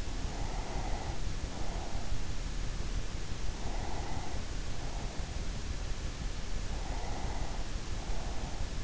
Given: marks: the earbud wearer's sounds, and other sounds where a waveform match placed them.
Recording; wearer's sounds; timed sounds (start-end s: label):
sounds in sleep by an in-ear microphone; breath
0.10-2.36 s: breath
3.38-5.73 s: breath
6.53-8.84 s: breath